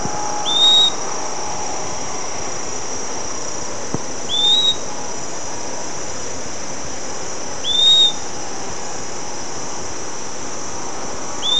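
Bird calling with brief upward-slurred whistles, repeated about every three to four seconds above a steady hissing background.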